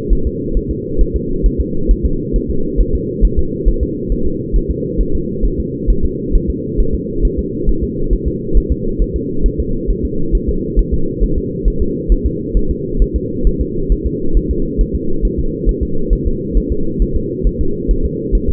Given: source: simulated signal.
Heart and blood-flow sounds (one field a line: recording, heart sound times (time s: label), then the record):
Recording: fetal heart sounds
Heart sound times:
0.13 s: S1
0.27 s: S2
0.57 s: S1
0.71 s: S2
1.01 s: S1
1.16 s: S2
1.46 s: S1
1.61 s: S2
1.91 s: S1
2.05 s: S2
2.36 s: S1
2.50 s: S2
2.81 s: S1
2.95 s: S2
3.25 s: S1
3.39 s: S2
3.69 s: S1
3.83 s: S2
4.12 s: S1
4.27 s: S2
4.56 s: S1
4.70 s: S2
5.01 s: S1
5.15 s: S2
5.45 s: S1
5.60 s: S2
5.90 s: S1
6.05 s: S2
6.35 s: S1
6.50 s: S2
6.80 s: S1
6.95 s: S2
7.25 s: S1
7.39 s: S2
7.69 s: S1
7.83 s: S2
8.13 s: S1
8.28 s: S2
8.57 s: S1
8.72 s: S2
9.02 s: S1
9.16 s: S2
9.46 s: S1
9.60 s: S2
9.91 s: S1
10.05 s: S2
10.35 s: S1
10.49 s: S2
10.79 s: S1
10.94 s: S2
11.23 s: S1
11.38 s: S2
11.68 s: S1
11.82 s: S2
12.12 s: S1
12.26 s: S2
12.57 s: S1
12.71 s: S2
13.02 s: S1
13.16 s: S2
13.47 s: S1
13.61 s: S2
13.92 s: S1
14.06 s: S2
14.37 s: S1
14.51 s: S2
14.81 s: S1
14.95 s: S2
15.25 s: S1
15.39 s: S2
15.69 s: S1
15.83 s: S2
16.13 s: S1
16.27 s: S2
16.57 s: S1
16.72 s: S2
17.02 s: S1
17.16 s: S2
17.47 s: S1
17.61 s: S2
17.91 s: S1
18.05 s: S2
18.35 s: S1
18.49 s: S2
From the record:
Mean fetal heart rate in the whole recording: 135 bpm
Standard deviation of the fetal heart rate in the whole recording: 3 bpm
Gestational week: 36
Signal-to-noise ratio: -8.1 dB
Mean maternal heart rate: 72 bpm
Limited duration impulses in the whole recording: absent